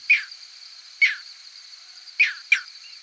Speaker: Known as nocturnal flight calls, many species can be identified based on their signature sound, like this green heron.